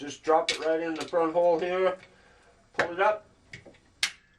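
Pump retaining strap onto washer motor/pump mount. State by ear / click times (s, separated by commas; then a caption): seated / 4.0 s. Someone talks while putting the drain pump back on a Kenmore/Whirlpool top-load washer after a motor coupler repair, dropping the front metal pump retaining strap into the front hole and pulling it up. A faint tap at 3.5 s comes before a sharp pop at 4.0 s as the strap snaps onto its front hook on the motor/pump mount, seating it.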